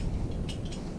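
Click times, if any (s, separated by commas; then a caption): none. A second safety-net buckle is handled up high as it is brought toward its upper mount, with a steady low rumble and a couple of faint, brief rustling touches around 0.5 and 0.7 seconds. Nothing has seated or clicked yet; the buckle is not yet home.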